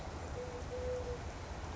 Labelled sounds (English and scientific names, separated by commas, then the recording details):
Eurasian Collared Dove (Streptopelia decaocto)
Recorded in Sonoma County, California